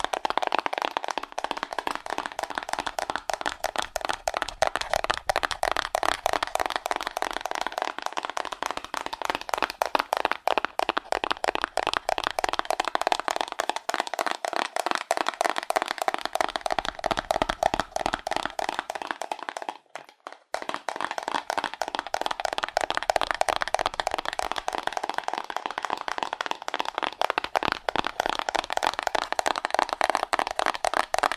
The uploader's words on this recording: Fast Aggressive Cardboard Tapping (No Talking). ASMR Fast Aggressive Cardboard Tapping.